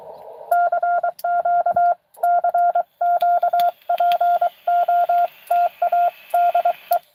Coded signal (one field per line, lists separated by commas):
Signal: Morse code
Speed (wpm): 23 wpm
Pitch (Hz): 700 Hz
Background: none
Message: CQ CQ POTA DE